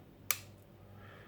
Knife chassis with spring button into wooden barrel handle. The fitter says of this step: es un botón que nos va a permitir extraer porque es un tope de seguro lo vais a ver que he hecho en caja y hace un clic bastante sonoro